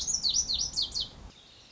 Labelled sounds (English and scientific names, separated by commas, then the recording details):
Lazuli Bunting (Passerina amoena)
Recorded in Sonoma County, California